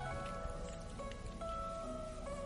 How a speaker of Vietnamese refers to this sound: Gió thổi càng mạnh, mưa càng rơi lớn, trắng xóa cả bầu trời. Gió thổi làm màn mưa bị lệch đi về phía đằng đông.